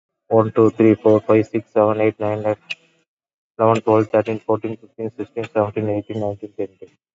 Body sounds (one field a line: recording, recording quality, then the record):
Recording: counting at a fast pace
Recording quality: excellent, no background noise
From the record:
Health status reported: COVID-19 positive, mild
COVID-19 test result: positive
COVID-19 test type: RT-PCR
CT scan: taken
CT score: 10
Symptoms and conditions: cough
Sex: male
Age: 44 years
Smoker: no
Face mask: worn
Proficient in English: yes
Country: India